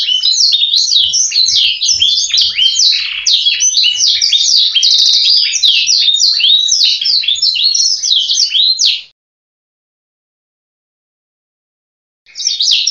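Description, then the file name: Canary song, a fast high warble of chirps and trills lasting about nine seconds, then a pause before singing resumes. Canary song with 'blacksang' fill-in phrases. "audio kenari isian blacksang omkicau"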